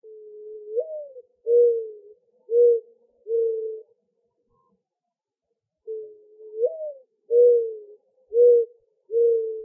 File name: Dove Mourning